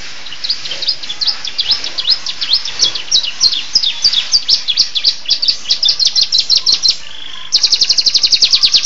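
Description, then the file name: Atlantic canary song: steady strings of high, sharp notes, then a sudden very fast, bright rattling trill. Canary singing in the style of the bar-winged prinia, known locally as 'rasa ciblek'. "kenari rasa ciblek om kicau dot"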